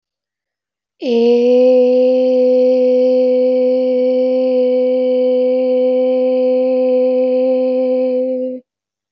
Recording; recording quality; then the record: sustained vowel as in made; excellent, no background noise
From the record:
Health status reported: healthy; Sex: female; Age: 27 years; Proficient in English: yes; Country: India